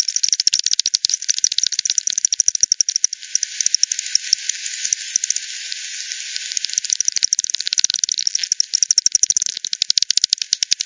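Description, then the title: Bat echolocation calls as dense trains of rapid dry clicks, thinning for a while in the middle before picking up again, over a faint hiss. Multiple bats at Hogsmill River, Hogsmill Lane, 7 October 2020, 18:10; frequency-divided by ten, bandpass filtered and resampled. "WW bat 20201007 T 18 : 10 Z-Hogsmill-Lane-Hogsmill-River-multiple-bats"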